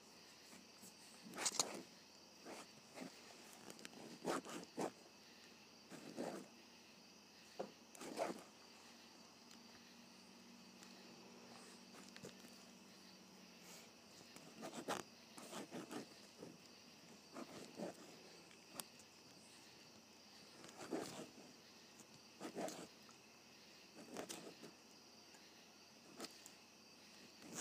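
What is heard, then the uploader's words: A ballpoint pen writes in short bursts of scratchy strokes, about one every one to two seconds, each a quick bright scrape with small clicks. A steady faint hiss sits underneath, and a soft low hum appears briefly around ten to thirteen seconds. ASMR Writing with a Ballpoint Pen.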